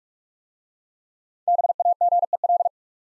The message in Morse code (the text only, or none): BAGEL